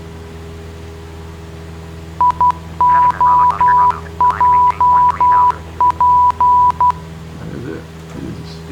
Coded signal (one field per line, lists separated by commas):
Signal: Morse code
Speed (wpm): 12 wpm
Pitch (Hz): 990 Hz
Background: none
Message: IOJP